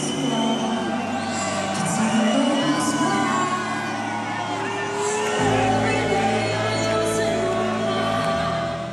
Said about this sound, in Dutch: Ja, dat is de inzending van Israël. Daar waar het bij de halve finale nog redelijk stil was, hoor ik nu een hoop boegeroep.